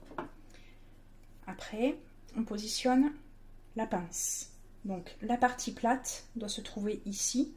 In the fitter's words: la présente on appuie un peu en temps un petit clic après